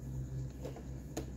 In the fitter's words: udah masuk kayak gitu kita dorong sampai klik nah udah klik kayak gitu